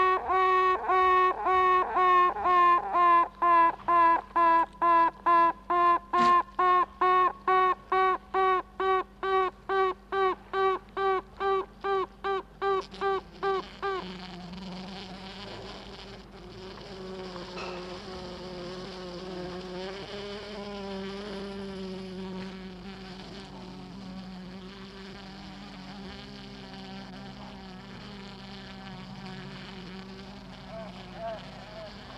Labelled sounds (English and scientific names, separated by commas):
Honey Bee (Apis mellifera)